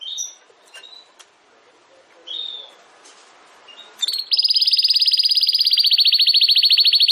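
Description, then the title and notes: Domestic canary giving a few soft scattered chirps, then a loud, sustained, very fast even trill at a high pitch. Belgian canary singing; the bird or its song is called Campainha. "Canário Belga Campainha Canary Singing. Canario Belga Cantando"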